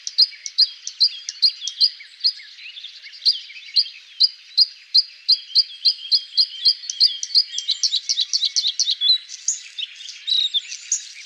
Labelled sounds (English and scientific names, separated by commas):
Bluethroat (Luscinia svecica) song